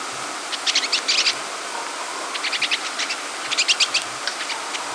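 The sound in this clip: Pine siskin calls: clusters of rapid, high, twittering notes in short bursts, heard against a steady hiss of background noise.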